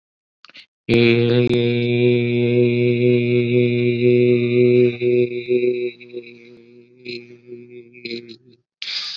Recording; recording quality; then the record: sustained vowel as in made; excellent, no background noise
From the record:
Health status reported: COVID-19 positive, mild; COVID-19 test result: positive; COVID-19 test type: rapid antigen test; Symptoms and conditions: cough, fever, another condition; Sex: male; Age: 30 years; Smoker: no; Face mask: worn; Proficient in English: yes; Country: India